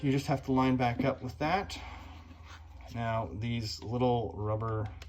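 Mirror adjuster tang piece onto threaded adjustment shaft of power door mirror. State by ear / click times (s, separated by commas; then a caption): not seated / none. A small rubber adjuster tang piece is handled at the threaded adjustment shaft of a power door mirror from a 1988–1991 Honda Prelude during reassembly. Someone talks throughout, with a faint handling sound near 2.8 s. Nothing has seated or clicked onto the shaft yet.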